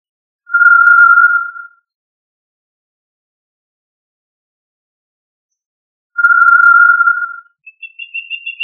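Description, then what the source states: Quail call: two long, steady pure whistles on one pitch, several seconds apart, followed by a higher, faint rapid trill at the end. Family Tinamidae; local name Puyuh.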